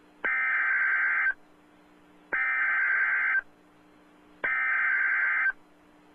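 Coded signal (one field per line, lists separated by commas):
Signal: Emergency Alert System (SAME) tones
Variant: header bursts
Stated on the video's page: EAS tones captured off internet streams.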